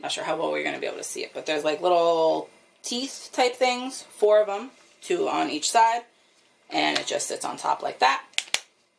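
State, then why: Not seated. A plastic protective cover with four small teeth, two on each side, is set on top of a fabric shaver head while someone talks. Two short, sharp ticks come near the end at about 8.4 and 8.5 s. Nothing has snapped into place yet.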